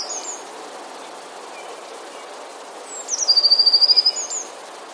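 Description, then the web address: Eurasian blue tit song: one phrase of thin, high falling notes leading into a fast, even trill of about a dozen pulses, with a brief high fragment at the start. "wroblowe teka spiew. modraszkoteka"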